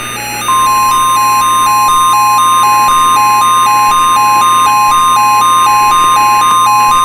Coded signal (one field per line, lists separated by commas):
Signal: Emergency Alert System (SAME) tones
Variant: 1050 Hz attention tone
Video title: (ARCHIVED) EAS RECREATION - Tornado Watch for the NYC Metro Area